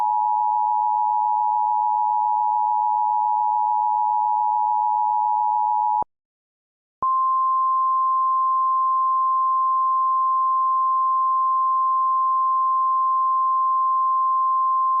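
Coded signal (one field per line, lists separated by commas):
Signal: Emergency Alert System (SAME) tones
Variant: 853 and 960 Hz attention tone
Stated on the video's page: Fictional analog-horror EAS scenario about a sudden unnatural temperature drop, with audio made in Audacity and Balabolka.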